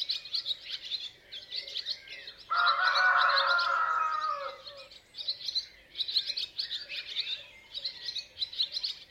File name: Rooster Crowing Sound